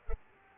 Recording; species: mosquito wingbeat signal from an infrared sensor; Culex pipiens